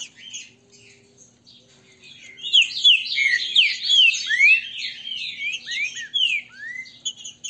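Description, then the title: Green-winged saltator song: soft chirps build into a loud, rich sequence of slurred rising and falling whistles, then taper off. Trinca-ferro 'Voz 08', singing and 'macheando'. "Canto De Trinca Ferro. TRINCA FERRO cantando e macheando"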